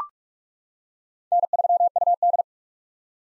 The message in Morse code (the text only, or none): N3UD